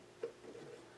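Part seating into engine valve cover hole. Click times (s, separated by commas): 0.2 s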